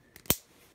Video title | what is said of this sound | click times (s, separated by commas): Female 280 Delphi Weather-pack 6 pin Connector terminal removal technique. | snap in back the secondary lock and that is how it's done | 0.3 s